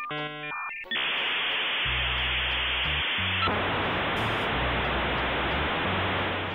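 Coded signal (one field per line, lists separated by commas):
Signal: dial-up modem handshake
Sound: short harmonic tones, then loud steady hiss changing texture midway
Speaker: it dialed to your ISP through your phone line, and then it made all sorts of audible adjustments to connect you to the outside network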